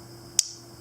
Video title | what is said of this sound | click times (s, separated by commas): Orvis Hydros SL IV Reel Unboxing | When you hear a click, that means it's connected. | 0.4 s